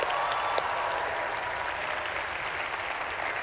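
Audience applause, a steady dense wash of many hands clapping at once, holding an even moderate loudness throughout with no voices standing out.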